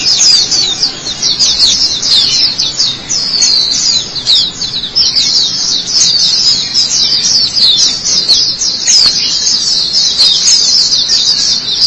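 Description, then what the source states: White-eye pouring out a long, high-pitched chattering warble of fast downslurred notes, with barely any breaks. Chirping song.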